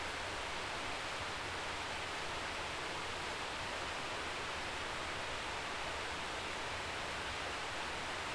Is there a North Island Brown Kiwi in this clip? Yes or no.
no